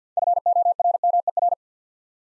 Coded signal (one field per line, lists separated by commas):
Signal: Morse code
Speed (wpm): 50 wpm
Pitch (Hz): 700 Hz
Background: none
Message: FORMER